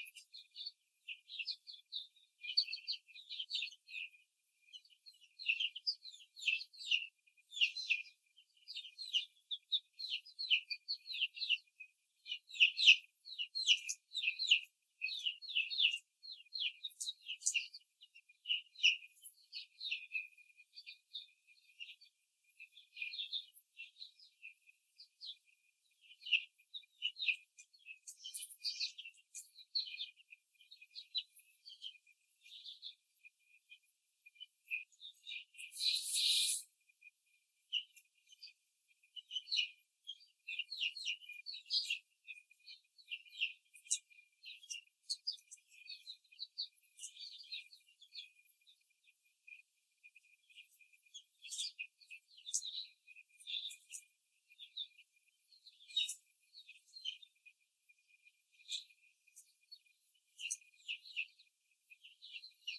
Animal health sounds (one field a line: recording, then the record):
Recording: young laying hens in a cage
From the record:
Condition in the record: before the stressor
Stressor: simulated dog barking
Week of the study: 3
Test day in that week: 2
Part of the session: 3